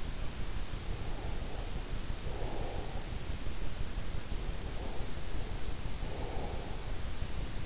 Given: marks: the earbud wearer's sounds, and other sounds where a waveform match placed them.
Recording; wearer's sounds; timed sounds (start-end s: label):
sounds in sleep by an in-ear microphone; breath
0.00-3.65 s: breath
4.17-7.31 s: breath